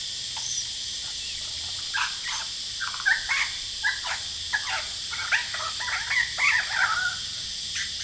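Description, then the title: Lyrebird song: a rapid, varied run of sharp chips and short whistled phrases, with a loud steady cicada hiss throughout. Male singing very actively outside a window at Horsfield Bay, New South Wales, on 23 January 2017, with loud cicadas calling; noise reduction applied. "Lyrebird - Horsfield Bay NSW, Jan 23 2017"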